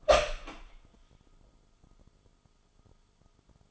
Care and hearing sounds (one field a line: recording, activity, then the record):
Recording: daily activity, microphone in the room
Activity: open door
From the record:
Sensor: 5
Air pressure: 1005.1 hPa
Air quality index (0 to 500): 82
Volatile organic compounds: 2 ppm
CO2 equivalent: 989 ppm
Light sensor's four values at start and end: 35/81/32/31 and 35/81/32/31